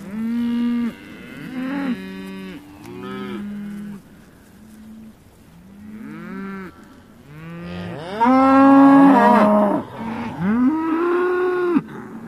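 Cattle lowing, many moos in quick succession, some brief and some long and loud.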